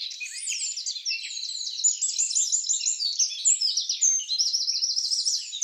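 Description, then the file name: Eurasian wren pouring out a long, energetic song of piercing high notes and rapid rattling trills without a break. "Troglodytes troglodytes"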